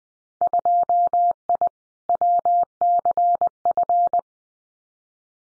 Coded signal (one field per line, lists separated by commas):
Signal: Morse code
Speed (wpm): 20 wpm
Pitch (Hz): 700 Hz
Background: none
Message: 2I WCF